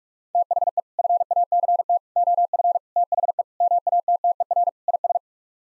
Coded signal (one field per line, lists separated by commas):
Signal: Morse code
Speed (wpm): 46 wpm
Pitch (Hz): 700 Hz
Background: none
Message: THE FACT OF THE MATTER IS